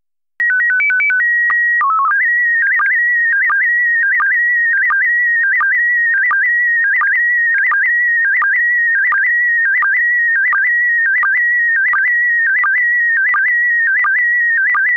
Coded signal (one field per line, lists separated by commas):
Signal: SSTV (slow-scan television)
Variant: PD 90